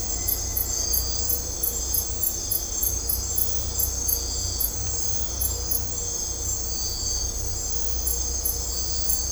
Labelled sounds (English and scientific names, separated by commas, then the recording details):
none
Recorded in dense forest near Puerto Asís, Putumayo, Colombia, on 16 December 2024 at 04:30
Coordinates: 0.503, -76.323
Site G043